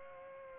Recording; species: mosquito wingbeat signal from an infrared sensor; Aedes aegypti